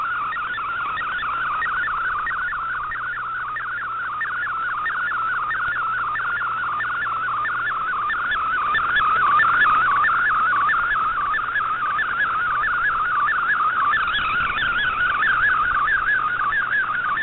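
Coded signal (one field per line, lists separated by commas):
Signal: multi-tone FSK (Olivia or MFSK type)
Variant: MFSK32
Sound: rapid warbling single tone hopping between pitches, continuous burbling data over hiss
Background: radio static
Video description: here is my decode of the Shortwave Radiogram broadcast today on 7780Khz shortwave radio at 2030UTC in MFSK32, and 64 with 8 SSTV images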